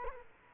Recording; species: mosquito wingbeat signal from an infrared sensor; Culex quinquefasciatus